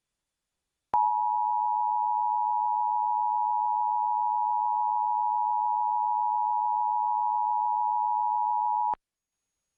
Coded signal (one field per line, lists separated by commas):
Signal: Emergency Alert System (SAME) tones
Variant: 853 and 960 Hz attention tone